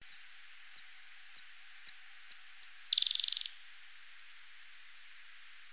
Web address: Miniopterus australis